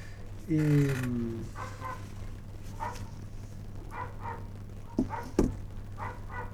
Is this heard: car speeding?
no